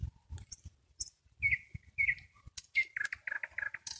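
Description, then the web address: Nightingale song: slurred whistled notes, then a rapid series of repeated chirps, over low thumping and knocking sounds. "spiew slowika slowik wiejski"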